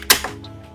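A plastic child-safety lock fitted onto cabinet door handles is pressed shut, giving a sharp click at 0.1 s and locking, followed by a smaller tick around 0.2 s. Someone talks afterward.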